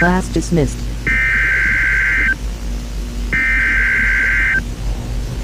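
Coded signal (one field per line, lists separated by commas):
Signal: Emergency Alert System (SAME) tones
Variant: header bursts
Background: speech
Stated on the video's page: Required monthly test EAS tones in an analog horror piece.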